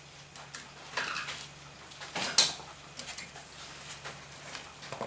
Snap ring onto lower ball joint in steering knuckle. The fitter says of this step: The original ones don't have a snap ring. snaps into place.